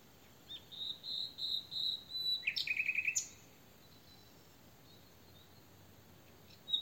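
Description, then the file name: Common nightingale song: a run of clear repeated whistles, a sharp downward note, then a quick rattling trill, followed by silence and a final fragment. "Luscinia megarhynchos"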